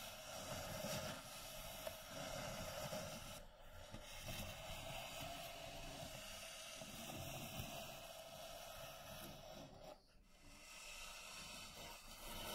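Slow scratching and tracing on a wooden box makes a steady, dense rasping hiss, with brief pauses near four and ten seconds.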